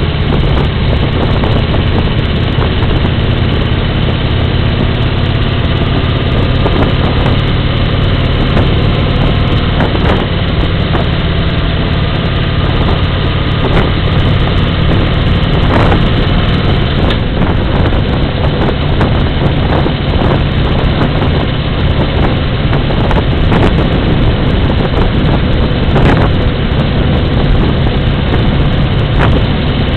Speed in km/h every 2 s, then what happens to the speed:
48, 50, 49, 48, 52, 52, 44, 44, 46, 47, 47, 56, 57, 58, 59.
0-30 speeds up to 59.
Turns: none.